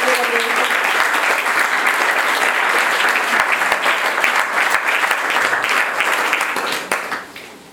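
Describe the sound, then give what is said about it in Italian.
An audience applauds the library staff at the 20th anniversary of the Claudia Augusta Italian provincial library, a dense crackle of many hands clapping at an even, loud level for several seconds before it quickly thins out and fades at the end. “Quindi un applauso anche a loro.”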